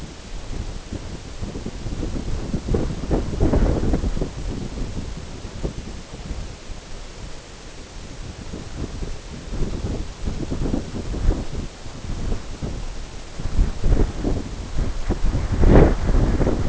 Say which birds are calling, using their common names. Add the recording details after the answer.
none. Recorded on Arctic tundra, site NAIT-1, on 21 June 2018. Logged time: 17:00